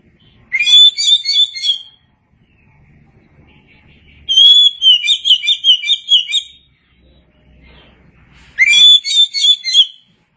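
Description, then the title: Oriental magpie-robin singing three bursts of rapid, chattering, rich warbles roughly every four seconds, with quiet pauses between them. Chirping song. "Suara Kicauan Burung Kacer"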